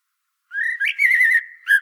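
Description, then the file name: Common blackbird singing a single mellow, fluty whistled phrase that wavers around a steady pitch, then a short final note, with no other sounds. "Turdus merula"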